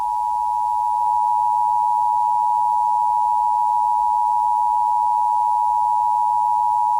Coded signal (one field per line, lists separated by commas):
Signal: Emergency Alert System (SAME) tones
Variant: 853 and 960 Hz attention tone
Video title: EAS Scenario | Cursed Moon (#115)